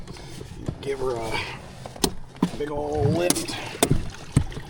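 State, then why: Seated. Someone talks while an electric tiller motor, a Newport NT600 6HP, is tilted up out of the water on an inflatable boat, lifted on its transom-mount tilt bracket. Several sharp knocks ring out among the talk, and the tilt bracket locks into the raised position with a click at 3.8 s.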